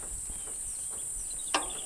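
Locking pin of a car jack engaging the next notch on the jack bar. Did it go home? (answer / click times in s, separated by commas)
yes / 1.5 s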